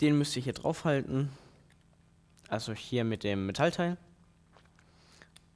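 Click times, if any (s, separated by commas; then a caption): 5.4 s. An interchangeable lens is put onto the metal bayonet mount of a Nikon J1 mirrorless camera and twisted until it locks. Someone talks for the first four seconds, then a few faint handling ticks follow. The lens clicks home at 5.4 s.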